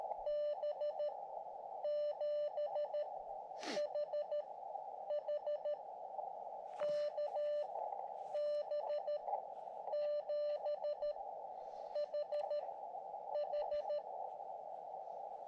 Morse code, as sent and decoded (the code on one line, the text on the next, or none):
-... / --... / .... / .... / -.- / -... / --... / .... / ....
B 7 H H K B 7 H H